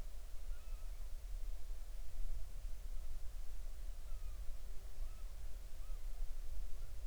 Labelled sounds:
bird
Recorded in the Arctic National Wildlife Refuge, Alaska, on 20 July 2019 at 02:54
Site 38

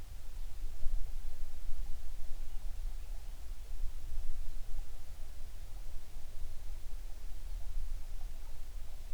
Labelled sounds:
near silence
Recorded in the Prudhoe Bay oil fields, Alaska, on 11 June 2019 at 04:39
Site 21

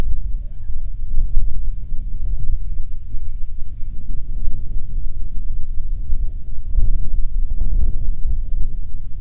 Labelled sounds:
songbird
waterfowl
wind
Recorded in the Prudhoe Bay oil fields, Alaska, on 27 June 2019 at 00:11
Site 22

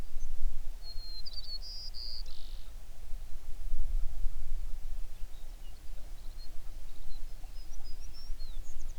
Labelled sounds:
songbird
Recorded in the Prudhoe Bay oil fields, Alaska, on 11 June 2019 at 05:00
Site 21

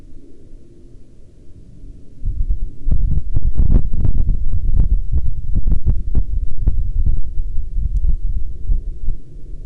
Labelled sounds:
wind
aircraft
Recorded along the Dalton Highway, Alaska, on 14 October 2019 at 18:41
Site 07

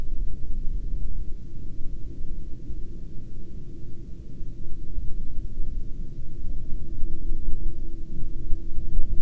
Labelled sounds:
aircraft
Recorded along the Dalton Highway, Alaska, on 20 March 2019 at 12:11
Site 07

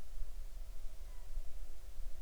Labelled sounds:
bird
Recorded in the Arctic National Wildlife Refuge, Alaska, on 20 July 2019 at 02:56
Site 38

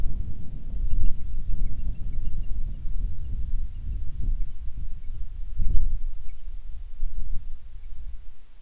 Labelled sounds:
bird
wind
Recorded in the Arctic National Wildlife Refuge, Alaska, on 10 July 2019 at 18:09
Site 44

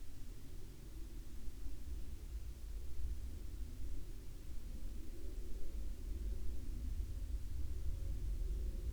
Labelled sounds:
aircraft
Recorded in the Arctic National Wildlife Refuge, Alaska, on 11 May 2019 at 22:50
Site 44

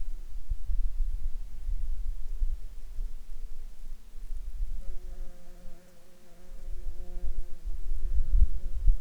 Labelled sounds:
insects
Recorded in Ivvavik National Park, Yukon, on 4 July 2019 at 00:33
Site SINP09

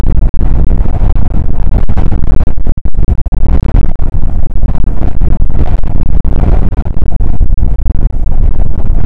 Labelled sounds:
wind
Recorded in the Prudhoe Bay oil fields, Alaska, on 19 July 2019 at 00:01
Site 25

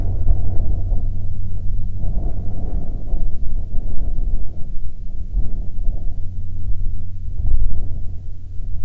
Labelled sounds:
wind
aircraft
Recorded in the Prudhoe Bay oil fields, Alaska, on 13 July 2019 at 12:13
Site 19

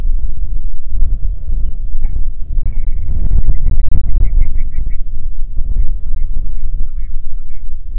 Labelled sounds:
grouse or ptarmigan
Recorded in the Prudhoe Bay oil fields, Alaska, on 6 June 2019 at 04:20
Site 16

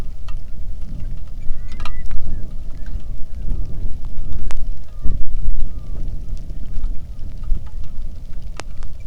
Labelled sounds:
bird
wind
rain
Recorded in the Arctic National Wildlife Refuge, Alaska, on 3 August 2019 at 09:29
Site 46

